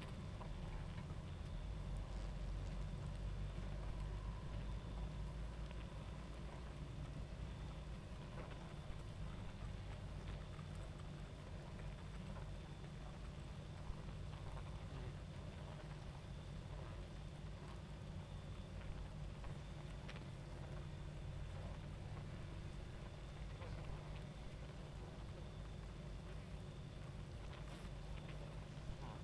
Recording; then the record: honeybee colony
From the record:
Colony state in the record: active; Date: 28 July 2017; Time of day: 22:53